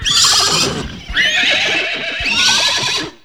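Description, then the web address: Horse whinnying: a few loud, quavering neighs in quick succession. "Greytsounds VOL-1 ANIMAL FX WHINNYING"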